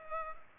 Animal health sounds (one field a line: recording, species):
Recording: mosquito wingbeat signal from an infrared sensor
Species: Culex pipiens